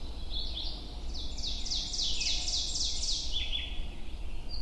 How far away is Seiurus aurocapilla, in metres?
about 30 m